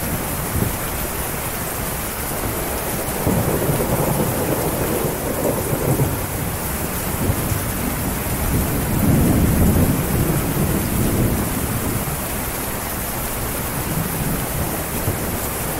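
Steady, dense rainfall hisses throughout, with a bright sizzling top and a thick wash of drops beneath. Deep rumbling swells rise around four to six seconds and again near nine to eleven, like thunder rolling under the downpour.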